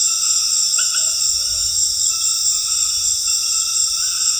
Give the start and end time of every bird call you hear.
[0.71, 1.71] bird call (0.5-1.0 kHz)

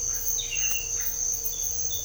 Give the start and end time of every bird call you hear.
[0.07, 1.21] bird call (1.2-2.6 kHz)

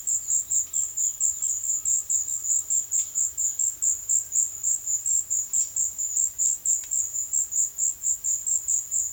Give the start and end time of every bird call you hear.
[0.00, 2.94] bird call (2.0-5.2 kHz)

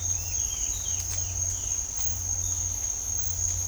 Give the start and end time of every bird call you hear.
[0.12, 1.83] bird call (2.2-4.3 kHz)

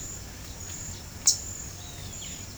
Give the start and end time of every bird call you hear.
[1.76, 2.51] bird call (2.0-4.7 kHz)

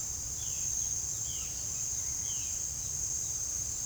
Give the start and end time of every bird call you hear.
[0.20, 3.41] bird call (1.8-5.1 kHz)

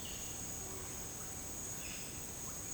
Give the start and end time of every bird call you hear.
[1.82, 2.21] bird call (1.2-6.3 kHz)

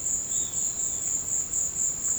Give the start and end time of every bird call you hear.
[0.20, 1.19] bird call (2.2-4.8 kHz)

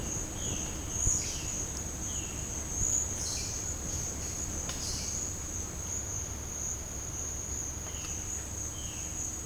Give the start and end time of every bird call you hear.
[0.28, 2.39] bird call (2.5-4.5 kHz)

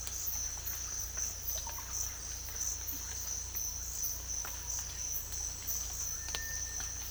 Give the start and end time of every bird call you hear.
[1.47, 1.85] bird call (0.5-4.4 kHz)
[6.12, 6.82] bird call (1.3-2.5 kHz)

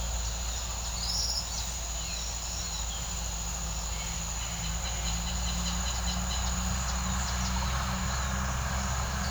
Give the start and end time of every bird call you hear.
[0.89, 3.10] bird call (2.1-6.3 kHz)
[4.31, 6.61] bird call (2.5-5.5 kHz)

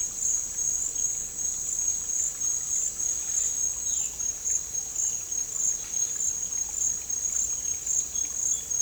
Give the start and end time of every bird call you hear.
[3.77, 4.13] bird call (1.3-4.1 kHz)
[5.00, 6.83] bird call (0.7-4.4 kHz)
[8.02, 8.81] bird call (2.4-4.1 kHz)

